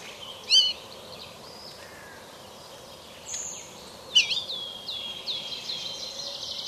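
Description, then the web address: Flycatcher calling with a few sharp high notes, then a rapid high twittering series, over faint background hiss. "flycatcher bird call"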